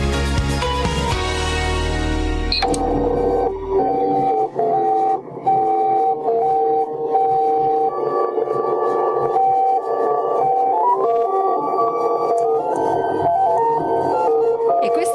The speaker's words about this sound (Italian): Stampante 3D che suona, ma quanto sono divertenti.